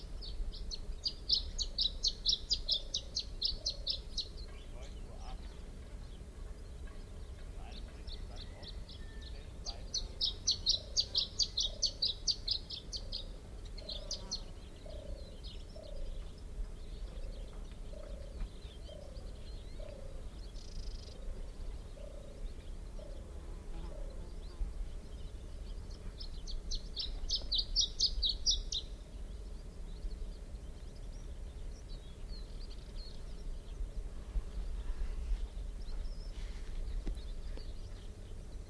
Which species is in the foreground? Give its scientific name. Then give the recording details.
Phylloscopus canariensis. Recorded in the wild. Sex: male. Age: adult. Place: Puerto de la Cruz, Teneriffa, Teneriffa, Kanarische Inseln, ES. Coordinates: 28.4139, -16.5483. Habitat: park. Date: 1964-04-27. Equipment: Nagra III PH, Parabolspiegelmikrophon, LGS26. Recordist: Schneider, Hans-Joachim. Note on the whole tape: Oberhalb von Puerto de la Cruz nahe der Villa "Los Pasos" auf Teneriffa. Phylloscopus collybita canariensis (alte Bezeichnung, inzwischen eigene Art): Gesang. Ma.As: M.Sch. Ab 6:45 min Aufnahmen statt mit dynamischem Mikrophon mit Parapolspiegelmikrophon